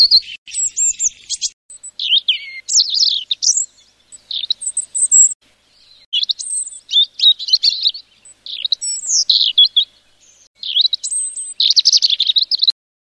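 Bird twittering in high, squeaky bursts of rapid chirps and scratchy notes, separated by short pauses, with no other sounds heard.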